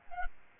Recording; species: mosquito wingbeat signal from an infrared sensor; Aedes albopictus